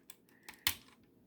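A plastic ratcheting joint on a 2004 Transformers Energon Optimus Prime transforming robot toy is rotated down two steps. Two sharp clicks land at 0.1 s and 0.7 s, with fainter ticks in between, and the joint seats two clicks down.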